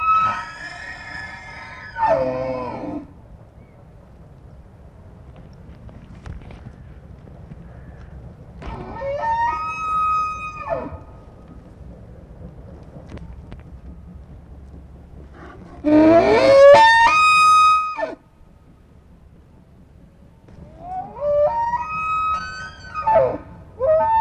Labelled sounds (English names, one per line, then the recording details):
Wapiti rut call
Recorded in captivity
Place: Tierpark Berlin, Berlin, DE
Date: 1965-09-22 17:00
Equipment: Grundig TK 1 Luxus, Transistorverstärker 1, GDM
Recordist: Tembrock, Günter